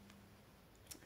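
A large metal press stud on a knitted cardigan is pressed to close but fails to snap shut, possibly because it has been bent or pushed in. Two faint ticks are heard, around 0.1 s and 0.9 s, over a low background hum, and nothing seats or clicks into place.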